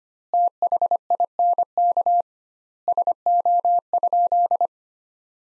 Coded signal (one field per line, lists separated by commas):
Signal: Morse code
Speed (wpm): 25 wpm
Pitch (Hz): 700 Hz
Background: none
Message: THINK SO?